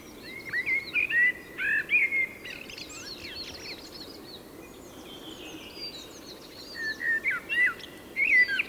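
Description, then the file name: Common blackbird song: warbled, whistled phrases at mid pitch at the start and again near the end. "Turdus merula"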